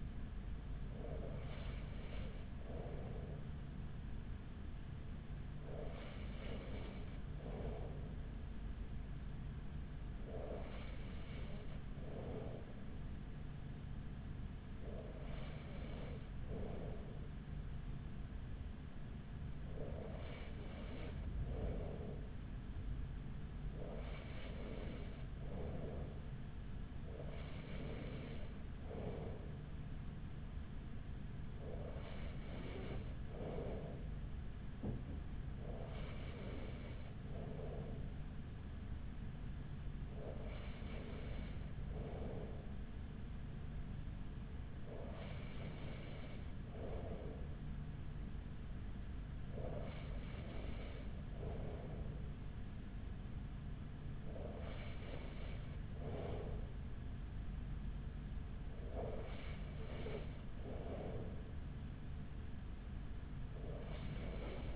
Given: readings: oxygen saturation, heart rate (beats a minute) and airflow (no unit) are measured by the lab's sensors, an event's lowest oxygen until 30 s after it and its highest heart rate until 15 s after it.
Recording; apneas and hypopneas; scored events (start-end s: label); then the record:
breathing in sleep by a smartphone at the bedside; none
10.00-64.76 s: new sleep stage, N2 (light sleep)
From the record:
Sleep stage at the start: N3 (deep sleep); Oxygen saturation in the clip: 94%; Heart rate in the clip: 41 to 47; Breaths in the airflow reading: 14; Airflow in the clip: -5.2 to 4.6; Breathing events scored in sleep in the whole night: 207 in 7.6 hours asleep